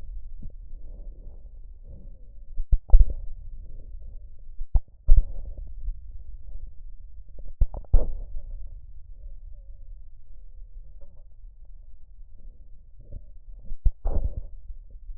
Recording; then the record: lung sounds by stethoscope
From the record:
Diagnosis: chronic bronchitis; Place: left posterior upper chest